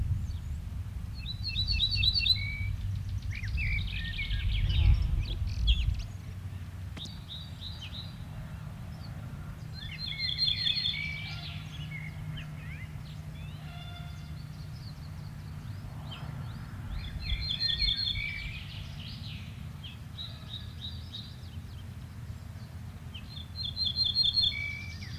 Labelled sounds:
Ortolan Bunting (Emberiza hortulana)

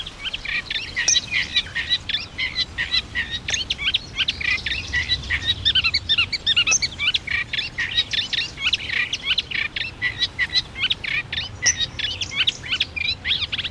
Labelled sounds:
Eurasian Reed Warbler (Acrocephalus scirpaceus) song

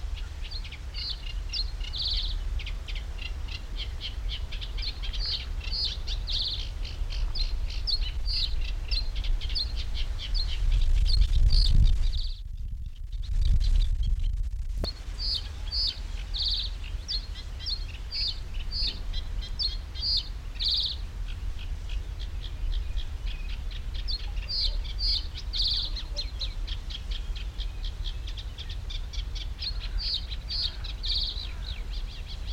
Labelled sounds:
Reed Bunting (Emberiza schoeniclus)

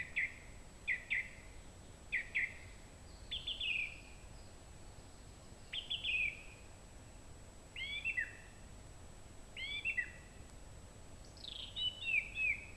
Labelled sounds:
Song Thrush (Turdus philomelos) song

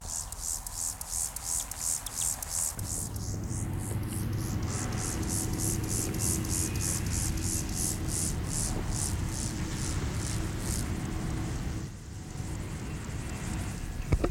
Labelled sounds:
Upland Field Grasshopper (Chorthippus apricarius) stridulation

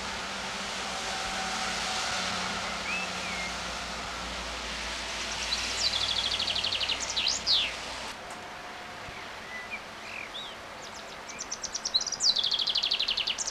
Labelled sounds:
Common Chaffinch (Fringilla coelebs) song

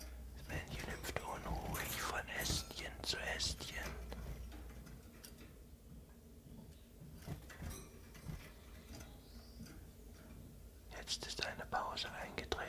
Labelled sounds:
Common Chiffchaff (Phylloscopus collybita)

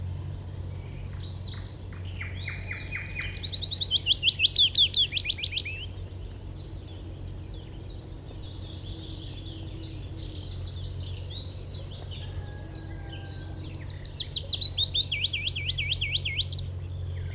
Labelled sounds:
Willow Warbler (Phylloscopus trochilus) song

